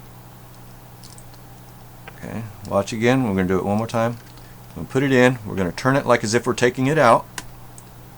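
Someone talks while a small case screw on an HP 17-g121wm laptop is set into its threaded boss and turned counter-clockwise, as if taking it out, until it drops into the thread start. A little click is heard at 7.8 s, and the screw is seated.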